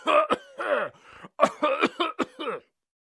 Adult Man Coughing.